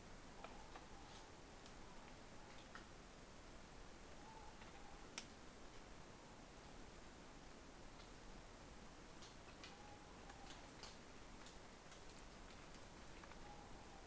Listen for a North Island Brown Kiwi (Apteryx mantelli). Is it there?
no